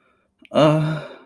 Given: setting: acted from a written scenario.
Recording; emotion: vocal sound without words; sadness